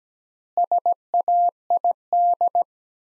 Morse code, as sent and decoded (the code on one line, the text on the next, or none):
... .- .. -..
SAID